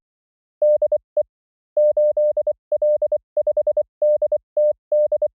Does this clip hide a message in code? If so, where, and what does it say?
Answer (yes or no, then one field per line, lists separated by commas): yes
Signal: Morse code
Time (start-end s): 0.6-5.3 s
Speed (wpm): 23 wpm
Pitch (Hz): 600 Hz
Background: none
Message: DE 8L5DTD